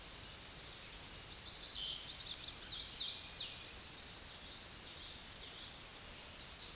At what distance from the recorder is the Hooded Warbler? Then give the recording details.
about 55 m. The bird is about 20 m above the microphone. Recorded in a Pennsylvania forest on 16 May 2024 at 09:21. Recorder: AudioMoth, point MSD-2164. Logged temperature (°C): 15.8 °C. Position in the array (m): 151 m, 116 m